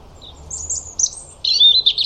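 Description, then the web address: European robin singing a short high phrase of thin whistles followed by a louder, slightly lower warbling flourish, with faint hiss underneath. "Deverinetal 2025 File origin Bird Only Er Ru"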